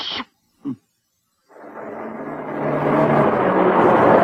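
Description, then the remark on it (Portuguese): Two brief bursts of sound, then a short silence before a car's steady engine and road roar sets in and swells gradually louder, with a faint low hum running underneath. “Pare o carro.”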